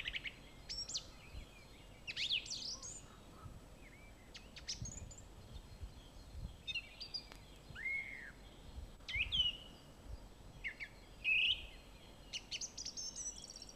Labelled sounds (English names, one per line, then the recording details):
Song Thrush song
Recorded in the wild
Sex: male
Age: adult
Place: Villach, Kärnten, AT
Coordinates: 46.6, 13.85
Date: 1972
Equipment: Uher 4100 Report-V, Sennheiser MKH 804
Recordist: Brunner, Thomas
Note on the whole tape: In der Nähe des Hungerbaches aufgenommen